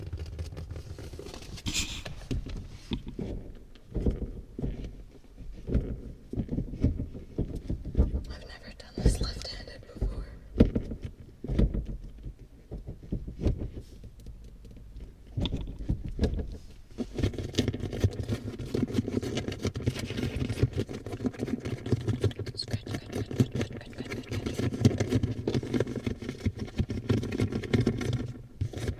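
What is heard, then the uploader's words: Tapping and scratching inside a car, with quick irregular taps and rubbing sounds throughout. A low engine hum stays steady underneath, and the scratching grows denser and more continuous after about sixteen seconds. In my CAR tapping, scratching.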